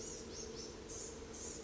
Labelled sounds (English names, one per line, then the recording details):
Blue-gray Gnatcatcher
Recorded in Sonoma County, California